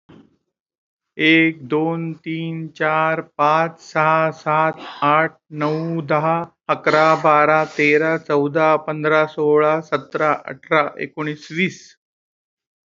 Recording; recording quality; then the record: counting at a fast pace; excellent, no background noise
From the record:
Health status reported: COVID-19 positive, moderate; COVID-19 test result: positive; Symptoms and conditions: breathing difficulty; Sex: male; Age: 53 years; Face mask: worn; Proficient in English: no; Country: India